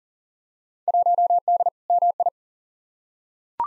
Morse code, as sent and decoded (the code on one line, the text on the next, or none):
.---- -.. / -- ..
1D MI